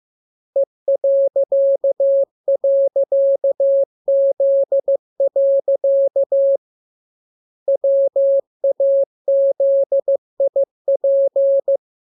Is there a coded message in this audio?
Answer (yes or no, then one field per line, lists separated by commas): yes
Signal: Morse code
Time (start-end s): 0.6-11.8 s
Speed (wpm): 15 wpm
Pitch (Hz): 550 Hz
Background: none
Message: E..Z. WAZIP